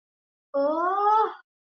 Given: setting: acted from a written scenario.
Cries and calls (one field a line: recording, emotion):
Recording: vocal sound without words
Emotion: pride